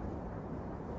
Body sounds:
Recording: background sound without coughing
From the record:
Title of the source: Train Ride Ambience ambient white noise for sleeping, focus, studying, reading

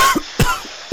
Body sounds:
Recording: coughing mixed with background sound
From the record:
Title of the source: Coughing 51

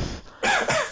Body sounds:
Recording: coughing mixed with background sound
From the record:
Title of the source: Spring Cold Coughing 2

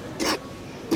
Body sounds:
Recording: coughing mixed with background sound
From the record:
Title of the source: 60 coughing still (deep and wet cough)

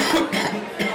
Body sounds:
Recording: coughing mixed with background sound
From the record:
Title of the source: Man Coughing Sound - Wet Cough Sound Effect

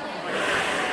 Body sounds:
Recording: coughing mixed with background sound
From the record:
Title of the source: 31 night wet cough

